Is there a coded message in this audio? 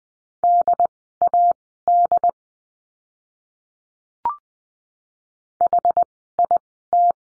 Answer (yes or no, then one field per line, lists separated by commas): yes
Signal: Morse code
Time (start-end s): 0.4-7.1 s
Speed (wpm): 20 wpm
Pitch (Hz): 700 Hz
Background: none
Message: DAD HIT